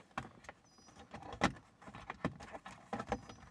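An integrated FitCamX dash cam housing for a 2021–2026 Toyota Sienna is handled and slid up toward its mount at the windshield mirror area, producing scattered plastic taps and light rattling, with a sharper knock around 1.4 s. Nothing has seated or locked into place yet.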